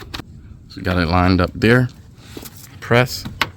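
A replacement rear kick plate trim panel on a 2001 R50 Pathfinder 4X4 5-speed is lined up by hand so its plastic retaining clips can be pressed into the vehicle body panel. Someone talks over brief handling taps. Nothing has seated or clicked yet.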